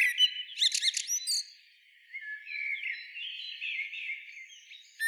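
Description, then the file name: Common blackbird song with a quick burst of squeaky twittering notes, followed by a softer, lower warbled phrase and a sharp note at the end. "Turdus merula"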